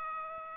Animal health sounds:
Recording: mosquito wingbeat signal from an infrared sensor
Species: Aedes aegypti

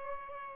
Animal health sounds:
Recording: mosquito wingbeat signal from an infrared sensor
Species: Aedes albopictus

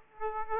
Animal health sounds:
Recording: mosquito wingbeat signal from an infrared sensor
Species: Aedes aegypti

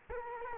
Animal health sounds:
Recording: mosquito wingbeat signal from an infrared sensor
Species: Culex quinquefasciatus

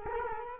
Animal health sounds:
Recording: mosquito wingbeat signal from an infrared sensor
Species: Culex quinquefasciatus

